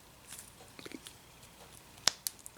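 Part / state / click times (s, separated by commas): fan oscillator engagement knob into brass drive wheel / seated / 2.1 s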